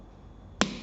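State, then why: Seated. An RJ45 plug on a UTP cable is squeezed with full force in a crimping tool. After low, steady background noise, a single sharp click sounds at 0.6 s and rings out briefly. The plug is crimped and seated.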